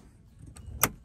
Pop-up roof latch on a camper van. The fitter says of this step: pull down make sure you hear that second click and